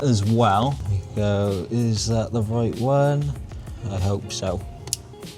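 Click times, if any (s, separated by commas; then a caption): 4.9 s. A wiring connector is pushed into its socket on the gearbox harness while the harness is routed over the gearbox on an S13 200SX car build, as someone talks. A sharp snap is heard at 4.9 s as the connector snaps into place and is seated.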